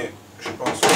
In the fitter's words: ça et comme ça se verrouille voilà